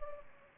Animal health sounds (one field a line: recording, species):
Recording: mosquito wingbeat signal from an infrared sensor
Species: Culex pipiens